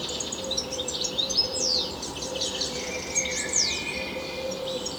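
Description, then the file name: European goldfinch singing, quick high twitters broken by two sharp falling slurs and a drawn-out thin note, with steady low hum behind. "Carduelis carduelis"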